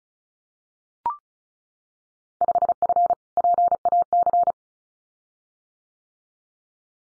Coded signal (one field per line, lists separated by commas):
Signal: Morse code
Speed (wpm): 34 wpm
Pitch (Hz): 700 Hz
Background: none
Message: 5F PAC